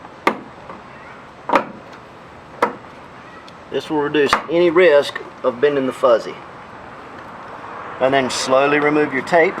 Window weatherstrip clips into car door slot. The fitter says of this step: down and roll towards the outside of the door you hear them snap